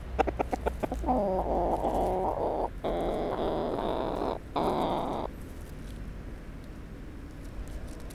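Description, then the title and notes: Brahma chicken: a quick run of short clucks, then three long, drawn-out calls in a row, with faint background hum. Brahma hen, alone in her enclosure at Aix-les-Bains, France, vocalising while a person talks with her. "145 Bd Robert Barrier, 73100 Aix-les-Bains, France - Poule. Discussion avec une poule Brahma seule dans son enclos"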